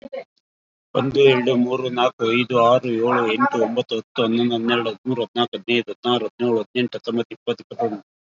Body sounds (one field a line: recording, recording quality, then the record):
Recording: counting at a normal pace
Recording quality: excellent, no background noise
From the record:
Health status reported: COVID-19 positive, no symptoms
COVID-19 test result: positive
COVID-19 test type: RT-PCR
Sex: male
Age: 38 years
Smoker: no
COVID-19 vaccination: both doses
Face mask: worn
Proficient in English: no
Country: India